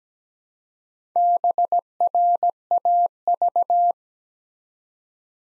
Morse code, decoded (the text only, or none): BRAV